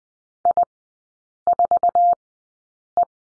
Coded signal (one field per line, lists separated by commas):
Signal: Morse code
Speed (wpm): 20 wpm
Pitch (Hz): 700 Hz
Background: none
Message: I4E